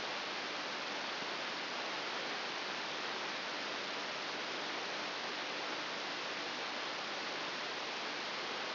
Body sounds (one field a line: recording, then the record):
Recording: brain microelectrode recording played as sound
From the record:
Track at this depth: inside the subthalamic nucleus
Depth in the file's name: 4.202 mm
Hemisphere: right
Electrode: 3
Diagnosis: Parkinson's disease